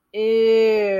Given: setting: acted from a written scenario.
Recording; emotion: vocal sound without words; disgust